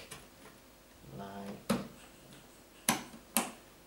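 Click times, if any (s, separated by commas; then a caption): 2.9 s, 3.4 s. A memory module is pressed down into a motherboard DIMM slot while someone talks, and sharp clicks are heard at 2.9 s and 3.4 s as the retention lever snaps up by itself. The module is seated.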